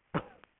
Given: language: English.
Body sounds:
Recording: throat vibration sensor signal played as sound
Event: cough

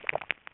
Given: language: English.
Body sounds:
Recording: throat vibration sensor signal played as sound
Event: swallow

